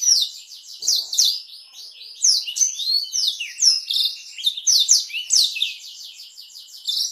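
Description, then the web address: Black-throated canary pouring out a quick, bright warble of chirps and downward-slurred whistles in dense, varied bursts. "blackthroat suara-blackthroat"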